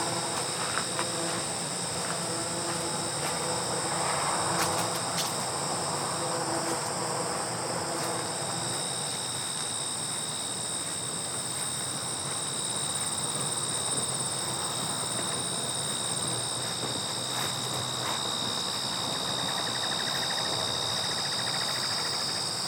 Walking on Gravel with Whispers of Grasshoppers